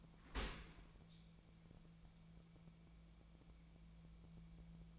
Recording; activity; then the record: daily activity, microphone in the room; open dishwasher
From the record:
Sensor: 1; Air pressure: 1000.5 hPa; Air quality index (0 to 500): 182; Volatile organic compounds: 4 ppm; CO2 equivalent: 1676 ppm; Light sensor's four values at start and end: 11/26/11/12 and 11/26/11/12